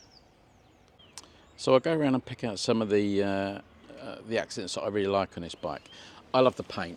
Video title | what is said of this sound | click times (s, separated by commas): Harley Davidson Road King 100th Anniversary Edition ride and review#harleydavidson #roadking | that's that's really heavy it's got a nice positive click on it | 1.2 s